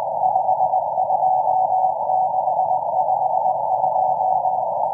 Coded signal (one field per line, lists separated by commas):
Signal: Morse code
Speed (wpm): 19 wpm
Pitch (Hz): 750 Hz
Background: none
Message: 52652